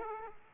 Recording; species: mosquito wingbeat signal from an infrared sensor; Aedes aegypti